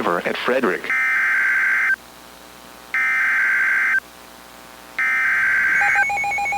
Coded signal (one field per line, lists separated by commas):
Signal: Emergency Alert System (SAME) tones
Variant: header bursts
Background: speech